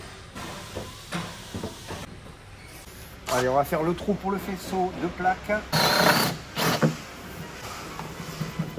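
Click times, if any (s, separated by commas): 6.8 s, 8.0 s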